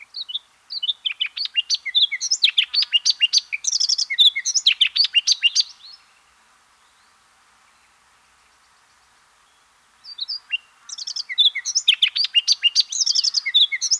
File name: redthroat